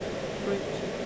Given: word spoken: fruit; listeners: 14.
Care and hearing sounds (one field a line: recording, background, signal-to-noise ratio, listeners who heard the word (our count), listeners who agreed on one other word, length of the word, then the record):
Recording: one English word in noise, from a listening test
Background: speech-shaped noise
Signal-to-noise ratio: -4.5 dB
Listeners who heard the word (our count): 1 of 14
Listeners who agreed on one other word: 8 of 14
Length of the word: 0.66 s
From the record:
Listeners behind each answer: 8, 4, 1, 1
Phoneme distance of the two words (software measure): 10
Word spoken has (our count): 1 syllable, 4 phonemes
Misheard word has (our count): 1 syllable, 4 phonemes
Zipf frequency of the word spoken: 4.73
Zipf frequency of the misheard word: 3.33